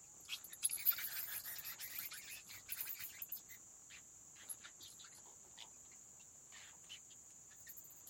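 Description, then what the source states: Bats beating their wings, with quick flutters and soft clicks that are busiest at the start and then thin out, over a constant high thin tone. Bats flapping their wings inside a cave habitat.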